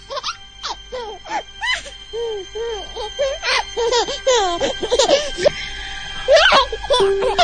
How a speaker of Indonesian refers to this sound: Hingga terdengar suara bayi kecil cekikikan.